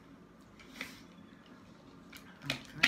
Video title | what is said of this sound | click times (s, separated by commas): Unboxing G Fuel and Tasting Blue Ice | you're like a satisfying snap there we go | 2.8 s